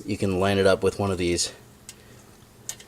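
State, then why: Seated. On a 2014 Honda Odyssey, someone talks while lining up the axle nut locking retainer with a hole on the axle nut of the driver's-side CV axle hub and pushing it in. A faint tick comes at 1.9 s, then a quiet, short snap at 2.7 s as the retainer seats into place to keep the nut from turning.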